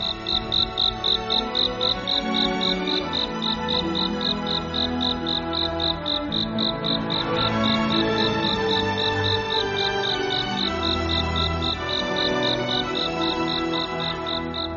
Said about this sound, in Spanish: Y el grillo ya pudo cantar toda la noche y fue muy, muy feliz.